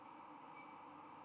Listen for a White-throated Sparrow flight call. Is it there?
no